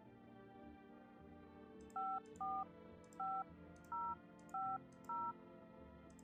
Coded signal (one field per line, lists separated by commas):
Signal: DTMF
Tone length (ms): 250 ms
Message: 545050